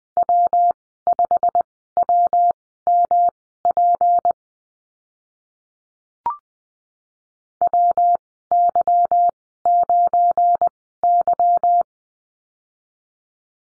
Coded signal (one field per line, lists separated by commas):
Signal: Morse code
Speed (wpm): 20 wpm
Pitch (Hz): 700 Hz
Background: none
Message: W5WMP WY9Y